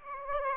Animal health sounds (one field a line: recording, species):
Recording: mosquito wingbeat signal from an infrared sensor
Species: Aedes aegypti